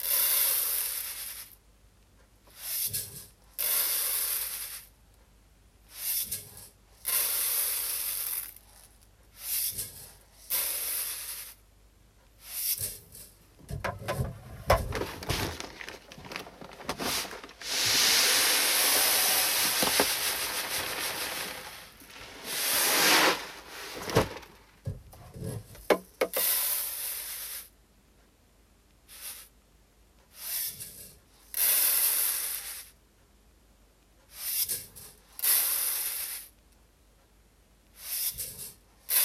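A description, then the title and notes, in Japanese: Rice being weighed and poured into paper rice bags, heard as repeated bursts of hissing, pouring grain and rustling paper, each lasting a second or two with short quiet gaps. Around the middle a longer, denser rush of grain runs for several seconds, with a few low thumps. 環境音 お米出荷準備(点検)。重さを測り、紙の米袋に入れていきます。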